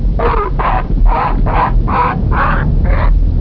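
Heron, harsh rasping croaks: seven rough notes in quick, even succession over about three seconds, with low rumbling noise beneath.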